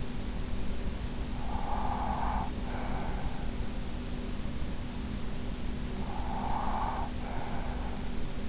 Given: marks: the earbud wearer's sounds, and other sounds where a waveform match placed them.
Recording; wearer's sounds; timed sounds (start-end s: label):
sounds in sleep by an in-ear microphone; breath
0.68-4.04 s: breath
5.62-8.49 s: breath